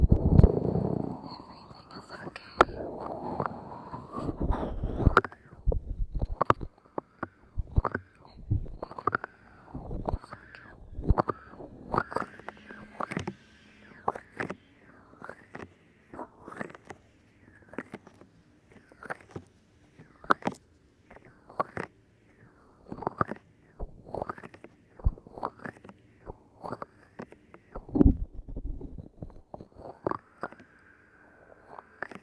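Ear cupping recorded up close: soft hollow pats and muffled rubbing sounds arrive in a steady, fairly quick rhythm throughout. The first few seconds are louder and more continuous, with a low rumbling whoosh, before settling into separate taps with faint airy hiss between them.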